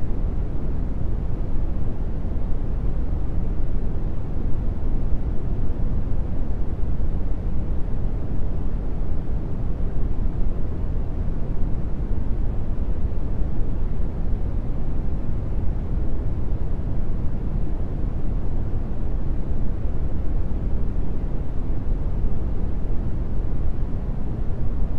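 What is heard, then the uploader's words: Brown noise plays as a steady, dense, deep rumble that never changes over the full length. The sound is weighted heavily toward the low end, dark and muffled like an engine or roaring wind, with almost no brightness up top. Brown Noise.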